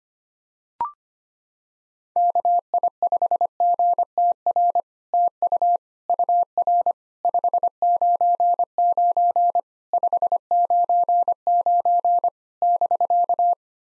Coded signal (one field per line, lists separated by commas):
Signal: Morse code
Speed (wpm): 25 wpm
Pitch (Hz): 700 Hz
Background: none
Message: KI5GTR TU UR 599 599 <BK>